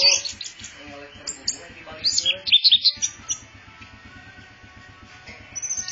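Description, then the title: Orange-headed thrush song: rich, varied phrases of high whistles and rapid chattering notes, loudest around the middle, over a regular low ticking. Described as a champion bird, singing persistently in a rapt, intense style. "Suara Burung Anis Merah Gacor Teler Doyorng Juara"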